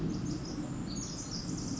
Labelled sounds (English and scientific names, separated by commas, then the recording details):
Pacific Wren (Troglodytes pacificus)
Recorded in Sonoma County, California